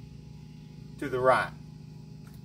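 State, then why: Not seated. A hybrid car's high-voltage service disconnect plug is handled at the hybrid battery pack, to be reinserted with its lever slid toward the passenger side. It must go through two clicks to be fully engaged, since one click only gives a warning light. Someone talks briefly over a steady low hum, and nothing has seated or clicked yet.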